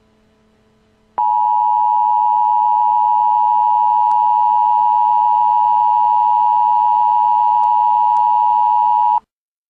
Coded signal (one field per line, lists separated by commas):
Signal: Emergency Alert System (SAME) tones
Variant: 853 and 960 Hz attention tone